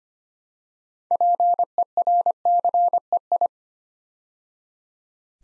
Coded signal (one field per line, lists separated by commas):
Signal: Morse code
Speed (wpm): 25 wpm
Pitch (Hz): 700 Hz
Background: none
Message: PERCEI